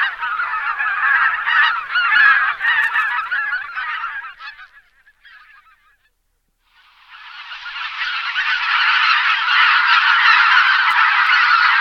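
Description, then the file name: Greater white-fronted goose flock honking in a thick overlapping chorus, fading to near silence midway, then swelling again into continuous loud calling. "husa běločelá"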